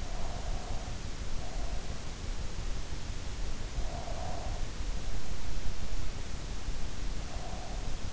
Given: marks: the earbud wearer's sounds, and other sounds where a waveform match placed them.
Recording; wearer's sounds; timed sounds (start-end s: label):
sounds in sleep by an in-ear microphone; breath
0.04-2.12 s: breath
3.62-4.89 s: breath
7.03-8.13 s: breath